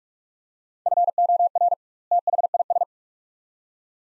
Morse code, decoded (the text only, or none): FOR THIS